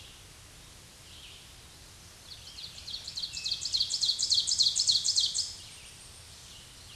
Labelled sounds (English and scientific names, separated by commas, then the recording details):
Ovenbird (Seiurus aurocapilla) song
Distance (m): 10 m
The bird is about 10 m above the microphone
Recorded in a Pennsylvania forest on 16 May 2024 at 07:05
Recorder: AudioMoth, point MSD-2376
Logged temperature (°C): 16.7 °C
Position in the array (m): 147 m, 4 m